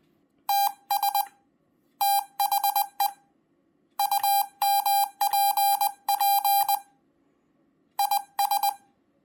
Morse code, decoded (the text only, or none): TS THE UMPP IS